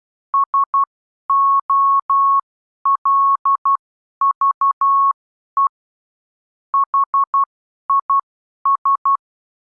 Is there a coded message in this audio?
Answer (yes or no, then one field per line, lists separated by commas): yes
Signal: Morse code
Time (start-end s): 0.3-9.2 s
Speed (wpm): 12 wpm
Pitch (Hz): 1100 Hz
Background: none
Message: SOLVE HIS